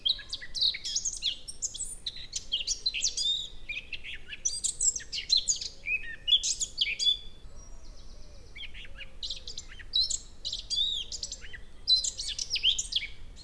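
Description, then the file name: Eurasian blackcap song, short bursts of high scratchy chattering notes repeated every second or two, with brief pauses between phrases. "Sylvia atricapilla"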